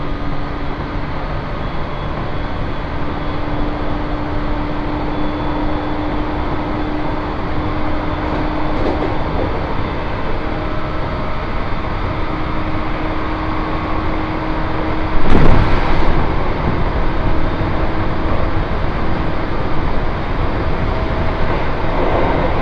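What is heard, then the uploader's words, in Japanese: A Tohoku Main Line train runs downbound from Kitakami toward Morioka with a steady, dense rumble of running noise and a faint sustained hum throughout. Brief clanks or rattles stand out near 9 seconds and more loudly around 15 to 16 seconds. 東北本線下り 北上→盛岡。701系4両編成。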